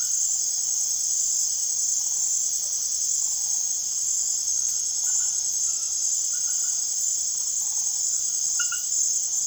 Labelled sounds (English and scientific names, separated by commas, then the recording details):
none
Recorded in secondary vegetation near Puerto Asís, Putumayo, Colombia, on 25 June 2025 at 22:30
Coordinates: 0.489, -76.322
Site G021